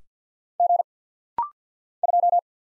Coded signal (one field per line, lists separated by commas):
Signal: Morse code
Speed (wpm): 48 wpm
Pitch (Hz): 700 Hz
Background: none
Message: G 2